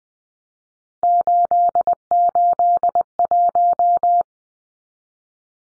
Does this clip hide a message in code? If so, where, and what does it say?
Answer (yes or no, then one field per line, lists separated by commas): yes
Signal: Morse code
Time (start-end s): 1.0-4.2 s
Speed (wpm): 20 wpm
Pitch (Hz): 700 Hz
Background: none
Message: 881